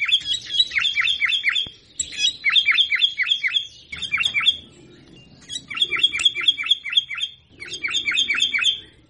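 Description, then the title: Sooty-headed bulbul delivering repeated bursts of fast, sharp, downslurred chirps, most lasting one to two seconds and separated by short pauses. "Suara Burung Kutilang"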